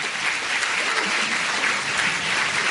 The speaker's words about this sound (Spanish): Bueno, un aplauso para Emilio, por supuesto.